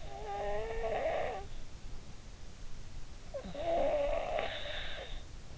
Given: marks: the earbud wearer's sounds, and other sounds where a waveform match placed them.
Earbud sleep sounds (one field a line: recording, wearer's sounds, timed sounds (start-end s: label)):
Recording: sounds in sleep by an in-ear microphone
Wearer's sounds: snoring breath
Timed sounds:
0.06-1.47 s: snoring breath
3.29-5.16 s: snoring breath